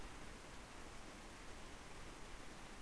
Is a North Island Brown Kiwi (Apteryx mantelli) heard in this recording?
no